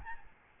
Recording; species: mosquito wingbeat signal from an infrared sensor; Aedes albopictus